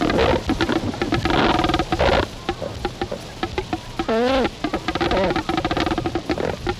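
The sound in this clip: Double-crested cormorant grunting calls: rough, rapidly pulsed guttural croaks running almost continuously, with a wavering, bending tonal call partway through.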